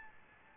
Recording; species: mosquito wingbeat signal from an infrared sensor; Aedes albopictus